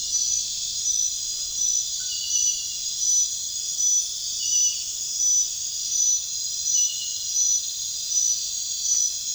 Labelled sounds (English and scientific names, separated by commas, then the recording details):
none
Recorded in pastures near Puerto Asís, Putumayo, Colombia, on 23 June 2025 at 00:00
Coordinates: 0.466, -76.322
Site GP07